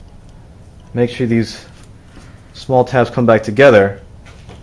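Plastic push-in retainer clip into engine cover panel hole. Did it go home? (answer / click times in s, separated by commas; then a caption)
no / none. A plastic push-in retainer clip is handled on its way back into its hole in the engine cover panel of a 2006–2012 Lexus IS250/350, and nothing has seated or clicked yet. Someone talks throughout, and no click or other sharp sound is heard.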